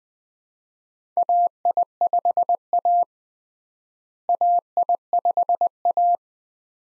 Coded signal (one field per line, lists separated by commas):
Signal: Morse code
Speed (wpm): 21 wpm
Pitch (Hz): 700 Hz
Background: none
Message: AI5A AI5A